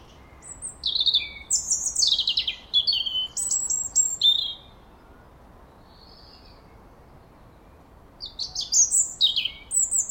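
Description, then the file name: European robin song: a long phrase of high, thin, falling whistles and rapid trills, a pause of about three seconds, then another sparkling phrase. "Erithacus rubecula"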